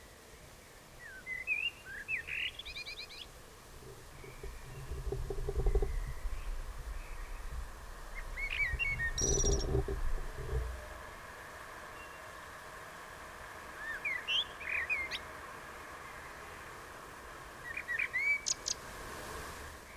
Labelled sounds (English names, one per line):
Common Blackbird song